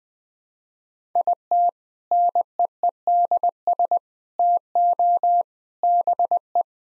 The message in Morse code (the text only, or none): IT NEEDS TO BE